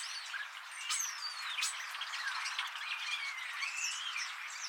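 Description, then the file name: Starling in a noisy chorus of rasping squawks and clicks, threaded with long drawn-out whistles that swoop downward and rise, overlapping constantly. Several starlings. "STARLINGS MIX"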